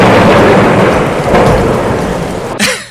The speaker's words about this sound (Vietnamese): Có một trận mưa rào cực to lắm, chút nước liền 2 giờ, cuối cùng đã dập tắt đám cháy ghê gớm kia.